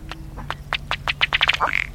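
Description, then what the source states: Ruddy duck bubbling display: a quickening series of dry tapping pulses, about a dozen in under two seconds, ending with a brief tonal note. Male courtship display on breeding grounds; strikes chest with bill, forcing air through feathers so the water bubbles, ending with a low belching sound; breeding lakes warm and weedy, western interior.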